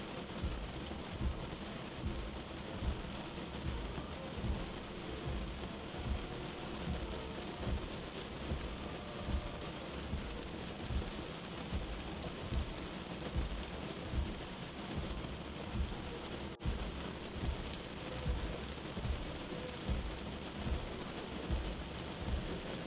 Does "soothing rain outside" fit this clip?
yes